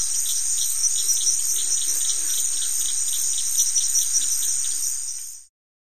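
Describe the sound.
Crickets in a high, shimmering continuous chorus with faint rhythmic pulses, fading out abruptly after about five seconds.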